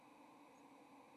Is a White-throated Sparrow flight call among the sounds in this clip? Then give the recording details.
no. Another species' flight call is heard. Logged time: 08:18 on 30 October 2014